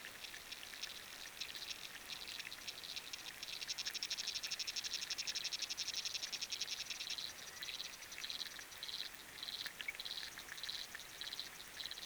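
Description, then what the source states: Frogs underwater, dense overlapping pulsed trills swelling in the middle then breaking into shorter bursts, with rain hiss throughout. Recorded underwater with a hydrophone; rain and wind also heard.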